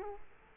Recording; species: mosquito wingbeat signal from an infrared sensor; Culex quinquefasciatus